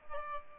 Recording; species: mosquito wingbeat signal from an infrared sensor; Aedes albopictus